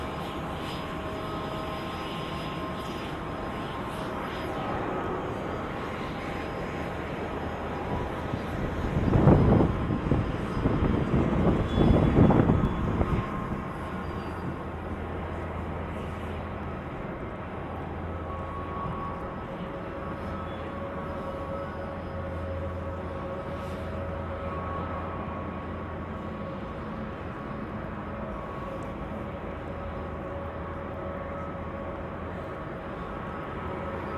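Airfield ambience with a steady engine drone and fixed tones running throughout. Around 9 to 13 seconds the engine sound swells in two louder surges, then settles back to an even hum with a low rumble that comes and goes.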